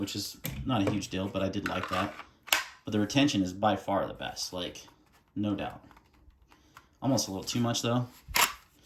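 A compact pistol is handled at a molded polymer IWB holster while someone talks, with a few faint clicks and one sharper tap near the end. The pistol has not yet seated or clicked into the holster's retention.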